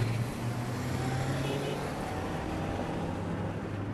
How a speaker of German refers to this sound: Dutzende von Kämpfern kommen aus der Stadt gerannt, hasten in ihre Autos und fahren in rasendem Tempo dem Ortsausgang entgegen. Ein Rückzug.